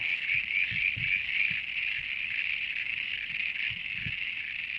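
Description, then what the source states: Common froglets calling: a dense, unbroken high chorus throughout, with faint low thumps underneath. Males calling; only one of about four local frog species calling; each species calls at its own frequency, and females hear only males in their range.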